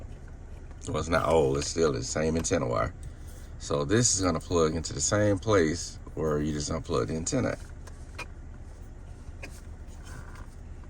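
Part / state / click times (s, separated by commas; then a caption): antenna wire connector into the vehicle's antenna socket / not seated / none. Someone talks while handling a dash cam's antenna wire connector in a Genesis, about to plug it into the same socket the original antenna was unplugged from. Faint handling ticks and light taps follow the talking. Nothing has seated or clicked yet.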